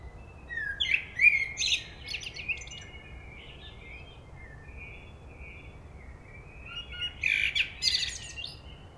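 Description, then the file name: Common blackbird sings two phrases about six seconds apart, each a mellow whistled opening breaking into high scratchy twitters, with soft warbling between. "Turdus merula"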